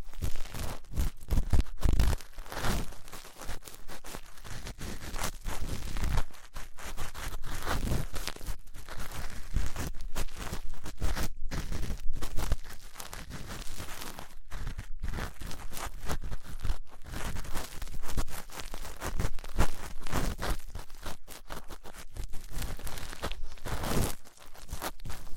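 Ear cleaning with latex gloves, a dental pick and cotton swabs, heard as dense, continuous crackling and rubbing. Scratchy bursts and brief thumps come irregularly throughout, with short near-silent gaps around 11, 14 and 24 seconds.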